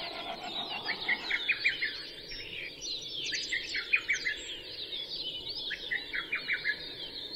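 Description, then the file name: Latham's snipe: repeated groups of four or five fast, sharp notes about every two seconds, set against a constant twittering chorus of other birds. Recorded 12 June 2011 at 03:37. "oojisigi-20110612-0337"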